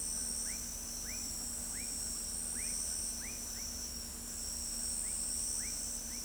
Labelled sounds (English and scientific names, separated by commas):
none